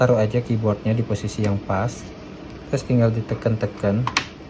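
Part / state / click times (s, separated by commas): laptop keyboard into laptop chassis / not seated / none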